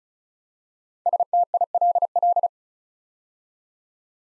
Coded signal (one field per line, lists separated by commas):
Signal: Morse code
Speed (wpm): 36 wpm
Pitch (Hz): 700 Hz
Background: none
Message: STILL